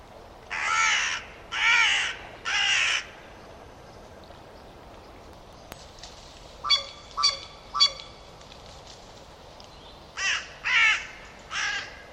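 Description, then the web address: Bird calling with rough, raspy caws in groups of three, a quieter set of three thinner, sharper notes between them, and gaps of faint background hiss. "Bird Only"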